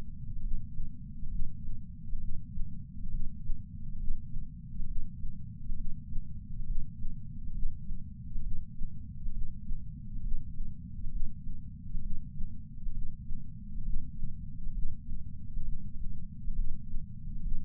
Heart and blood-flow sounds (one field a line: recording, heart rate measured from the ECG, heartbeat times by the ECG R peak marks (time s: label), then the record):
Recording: heart sounds by patch sensor on the chest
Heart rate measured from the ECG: 67 bpm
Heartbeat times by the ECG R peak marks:
0.40 s: heartbeat
1.28 s: heartbeat
2.18 s: heartbeat
3.09 s: heartbeat
3.97 s: heartbeat
4.85 s: heartbeat
5.75 s: heartbeat
6.65 s: heartbeat
7.52 s: heartbeat
8.41 s: heartbeat
9.31 s: heartbeat
10.21 s: heartbeat
11.09 s: heartbeat
12.00 s: heartbeat
12.92 s: heartbeat
13.83 s: heartbeat
14.72 s: heartbeat
15.63 s: heartbeat
16.53 s: heartbeat
17.41 s: heartbeat
From the record:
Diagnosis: coronary artery disease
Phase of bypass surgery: preoperative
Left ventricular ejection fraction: 49.7%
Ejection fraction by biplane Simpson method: 49.4%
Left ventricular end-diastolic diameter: 55 mm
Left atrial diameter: 34 mm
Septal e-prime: 3.2 cm/s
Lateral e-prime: 4.4 cm/s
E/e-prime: 15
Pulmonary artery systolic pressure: 25 mmHg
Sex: female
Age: 70 years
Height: 152 cm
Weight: 65 kg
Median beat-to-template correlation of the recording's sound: 0.92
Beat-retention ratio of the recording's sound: 0.97